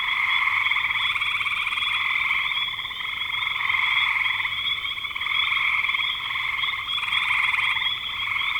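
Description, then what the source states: Many frogs croaking together, a thick, rattling chorus that swells and eases slightly every few seconds. Frogs recorded in spring 2025.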